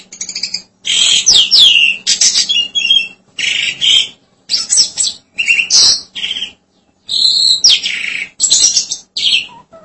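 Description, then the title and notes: Starling giving a loud, varied series of harsh squawks, buzzy rattles and whistled swoops in steady bursts with short gaps, over a faint low hum. "suara burung jalak"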